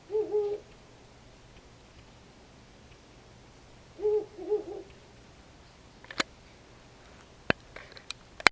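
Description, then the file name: Owl hoots: a short low hoot, then about four seconds later a longer wavering double hoot, followed by scattered sharp clicks and taps. "fukuroo"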